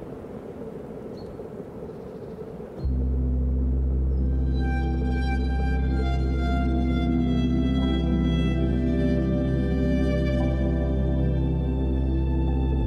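Quiet wind rumbles alone for the opening three seconds. Then a loud, sustained string chord enters abruptly and holds steady to the end, deep tones layered with higher ringing notes that shimmer in from about four seconds.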